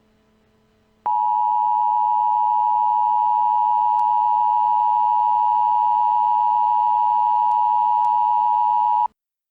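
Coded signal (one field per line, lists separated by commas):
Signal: Emergency Alert System (SAME) tones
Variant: 853 and 960 Hz attention tone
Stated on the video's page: Fictional EAS scenario about the devil's hour becoming a disaster, a simulated alert.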